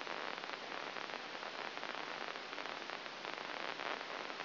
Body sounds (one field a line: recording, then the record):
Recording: brain microelectrode recording played as sound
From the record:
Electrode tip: inside the subthalamic nucleus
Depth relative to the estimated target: -3.5 mm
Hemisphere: right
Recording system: AlphaMap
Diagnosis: Parkinson's disease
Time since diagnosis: 11 years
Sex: female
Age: 60 years